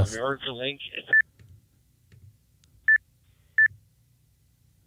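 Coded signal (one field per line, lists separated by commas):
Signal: none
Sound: repeater courtesy beeps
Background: speech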